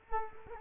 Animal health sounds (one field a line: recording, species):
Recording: mosquito wingbeat signal from an infrared sensor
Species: Culex quinquefasciatus